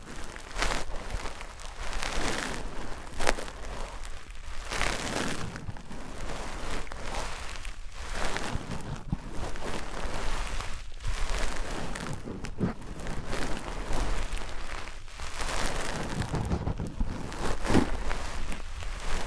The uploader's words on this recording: ASMR Which One is MORE Tingly Wood vs Cork, Sponge vs Foam, Glass vs Plastic etc (No Talking).